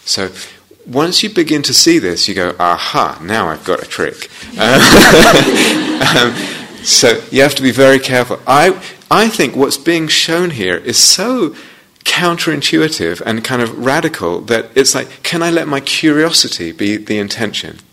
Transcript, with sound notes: So once you begin to see this, you go, "Aha! Now I've got a trick!" [laughter] So you have to be very careful. I think what's being shown here is so counterintuitive and kind of radical that it's like, can I let my curiosity be the intention